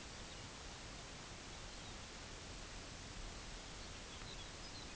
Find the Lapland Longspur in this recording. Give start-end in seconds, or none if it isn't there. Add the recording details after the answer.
0.03-2.02, 3.69-4.95. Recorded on Arctic tundra, site UTQI-5, on 23 June 2018. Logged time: 04:00